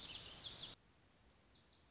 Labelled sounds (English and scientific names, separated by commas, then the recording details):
Lazuli Bunting (Passerina amoena)
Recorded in Sonoma County, California